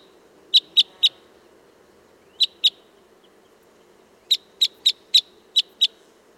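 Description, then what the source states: Red crossbill flight calls: crisp chips in groups of three, two and six notes separated by pauses, over faint low background noise. Type 10 Red crossbill; flight calls.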